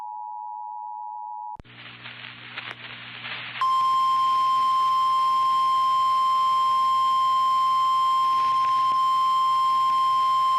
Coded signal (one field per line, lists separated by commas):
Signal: Emergency Alert System (SAME) tones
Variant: 853 and 960 Hz attention tone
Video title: KTTS-FM EAS Tornado Warning 4-30-19